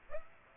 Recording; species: mosquito wingbeat signal from an infrared sensor; Aedes aegypti